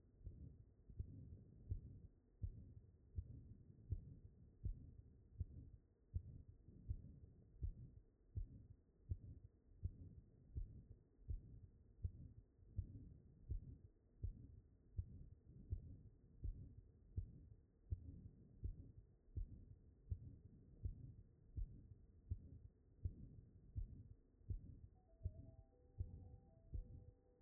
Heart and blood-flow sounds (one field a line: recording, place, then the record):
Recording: heart sounds by stethoscope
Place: aortic valve (AV)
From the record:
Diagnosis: non-HFrEF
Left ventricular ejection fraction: 61%